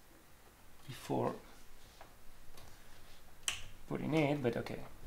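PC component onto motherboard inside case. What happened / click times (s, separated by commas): The PC component is being handled but has not yet seated / none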